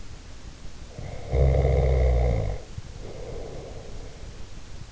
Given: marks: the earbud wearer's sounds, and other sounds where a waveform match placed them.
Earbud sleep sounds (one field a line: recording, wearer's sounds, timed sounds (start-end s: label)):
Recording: sounds in sleep by an in-ear microphone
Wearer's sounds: snoring breath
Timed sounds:
0.91-4.29 s: snoring breath